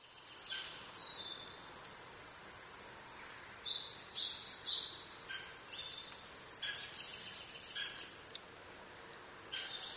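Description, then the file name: Olive-backed pipit song and calls: sharp high notes scattered throughout, with jumbled buzzy trills and phrases between them, over a faint steady background hiss. "binzui"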